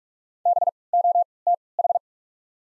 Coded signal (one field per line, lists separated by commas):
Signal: Morse code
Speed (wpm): 43 wpm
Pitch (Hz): 700 Hz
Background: none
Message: B O T H